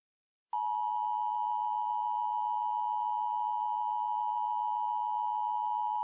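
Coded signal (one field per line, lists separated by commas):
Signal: Emergency Alert System (SAME) tones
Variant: 853 and 960 Hz attention tone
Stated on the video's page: EAS SAME tones in a fictional mock alert.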